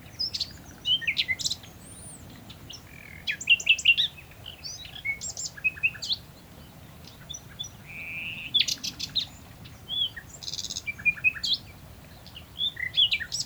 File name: Luscinia megarhynchos